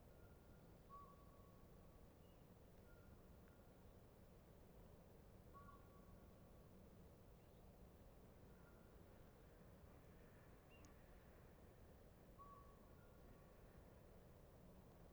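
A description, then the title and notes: Short, clear owl hoots sound every few seconds, each a single mid-pitched note carrying over still water. Beneath them runs a steady low rumble, like traffic, and a faint high chirp pops once near the end. Dawn in Little Pend Oreille National Wildlife Refuge. Bats are still out, at the end of their nightly feast. Pygmy Owls' hoots echo across the still waters of Bayley's Lake. Bayley's Lake at dawn, Pygmy Owls And Bats.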